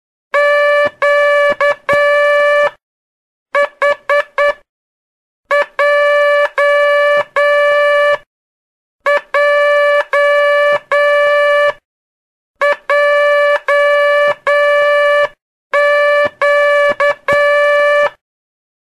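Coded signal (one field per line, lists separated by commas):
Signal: Morse code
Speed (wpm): 9 wpm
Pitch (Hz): 580 Hz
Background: none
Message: Q H J J J Q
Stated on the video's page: Morse (telegraphy) lesson, twelfth part, covering the letters Q, J and H.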